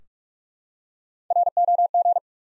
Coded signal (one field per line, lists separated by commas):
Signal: Morse code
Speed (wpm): 46 wpm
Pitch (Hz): 700 Hz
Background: none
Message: ROG